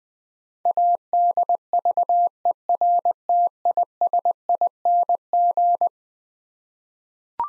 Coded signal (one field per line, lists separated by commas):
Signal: Morse code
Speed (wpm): 20 wpm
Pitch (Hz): 700 Hz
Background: none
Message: ADVERTISING